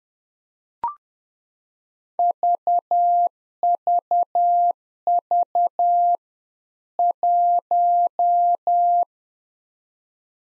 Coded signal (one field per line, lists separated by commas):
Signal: Morse code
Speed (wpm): 10 wpm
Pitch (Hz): 700 Hz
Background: none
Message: VVV 1